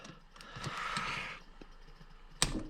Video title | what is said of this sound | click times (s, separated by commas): Project X Day 5: Rebuilding The Motor 2 | there's a clicky poo let's just | 2.4 s